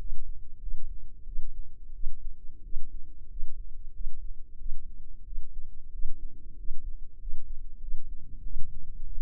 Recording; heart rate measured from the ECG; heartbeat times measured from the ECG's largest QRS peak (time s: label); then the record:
heart sounds by microphone in the left ear; 92 bpm
0.59 s: heartbeat
1.24 s: heartbeat
1.92 s: heartbeat
2.62 s: heartbeat
3.28 s: heartbeat
3.92 s: heartbeat
4.57 s: heartbeat
5.24 s: heartbeat
5.91 s: heartbeat
6.56 s: heartbeat
7.18 s: heartbeat
7.79 s: heartbeat
8.42 s: heartbeat
9.03 s: heartbeat
From the record:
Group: healthy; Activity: rest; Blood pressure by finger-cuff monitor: 132/80 mmHg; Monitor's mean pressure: 97 mmHg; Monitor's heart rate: 92 bpm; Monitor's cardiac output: 7.2 L/min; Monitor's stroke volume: 79 mL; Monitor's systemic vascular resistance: 1000 dyn s/cm5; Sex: female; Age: 24 years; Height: 163 cm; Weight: 55.7 kg